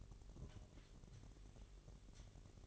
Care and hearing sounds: daily activity, microphone in the room; take from stove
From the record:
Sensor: 4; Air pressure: 1012.9 hPa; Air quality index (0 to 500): 239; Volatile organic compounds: 4 ppm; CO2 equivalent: 1589 ppm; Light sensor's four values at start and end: 31/74/30/30 and 31/73/30/30

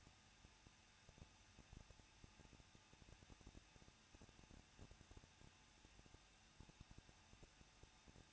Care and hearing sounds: daily activity, microphone in the room; no activity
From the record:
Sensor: 2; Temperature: 21.0 degrees Celsius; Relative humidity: 37.4%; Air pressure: 1006.2 hPa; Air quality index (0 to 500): 222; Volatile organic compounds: 24 ppm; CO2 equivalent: 2809 ppm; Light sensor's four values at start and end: 2/3/2/2 and 2/3/2/2

